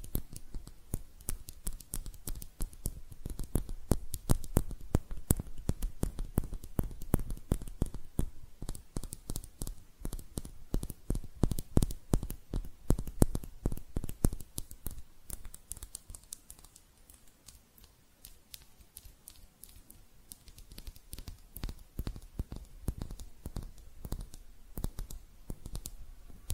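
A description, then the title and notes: Hand sounds made of dense, rapid crackles and soft taps, like fingers scratching and rubbing close together. The sounds stay busy and irregular through the first fifteen seconds, thin out and quieten around sixteen to twenty-two seconds, then pick up again toward the end. ASMR Relaxing Hand Sounds (No Talking).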